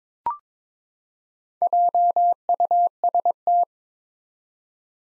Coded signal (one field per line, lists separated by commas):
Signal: Morse code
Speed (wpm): 22 wpm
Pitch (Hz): 700 Hz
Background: none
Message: JUST